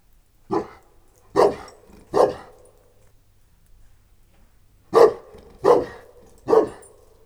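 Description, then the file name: St. Bernard and Moscow Watchdog mix: dog giving barks in two bursts of three, separated by a quiet gap of about two and a half seconds. St. Bernard and Moscow Watchdog mix dog in a farmyard at a tourist lodge in Eger. "bernathegyimoszkvaiorkutyakeverek egerturistahaz"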